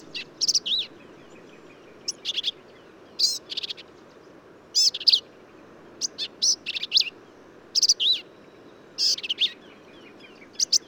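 Black-capped Vireo song of quick, high, scratchy and whistled phrases, each changing slightly, repeated roughly every second or two against a soft background hiss.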